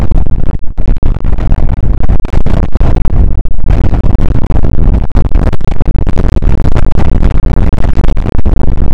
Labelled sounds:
wind
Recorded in the Prudhoe Bay oil fields, Alaska, on 2 August 2019 at 01:33
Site 29

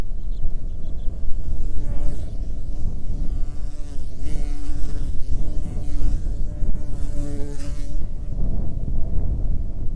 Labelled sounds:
bird, wind, insects
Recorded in the Prudhoe Bay oil fields, Alaska, on 9 June 2019 at 17:29
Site 21

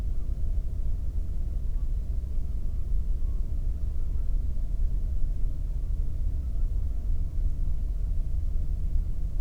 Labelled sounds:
bird
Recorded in the Prudhoe Bay oil fields, Alaska, on 22 May 2019 at 00:30
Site 19

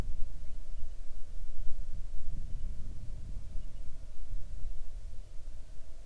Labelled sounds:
bird, wind, insects
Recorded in the Arctic National Wildlife Refuge, Alaska, on 6 July 2019 at 00:08
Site 39

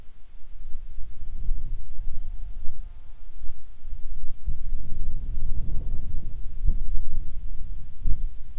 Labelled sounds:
insects
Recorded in the Arctic National Wildlife Refuge, Alaska, on 7 July 2019 at 18:41
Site 41

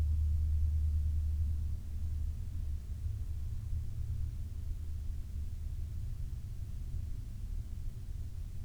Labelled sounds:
machinery, flare stack
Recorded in the Prudhoe Bay oil fields, Alaska, on 6 September 2019 at 00:50
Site 29

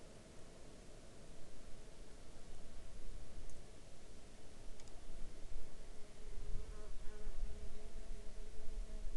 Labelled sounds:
insects
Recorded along the Dempster Highway, Canada, on 15 August 2020 at 17:22
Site 16

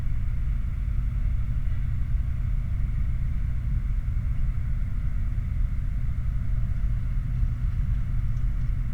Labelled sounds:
machinery, flare stack
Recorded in the Prudhoe Bay oil fields, Alaska, on 29 July 2019 at 10:46
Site 29

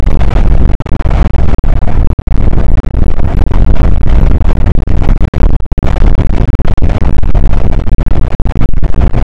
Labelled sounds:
wind
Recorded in the Prudhoe Bay oil fields, Alaska, on 8 May 2019 at 00:02
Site 24

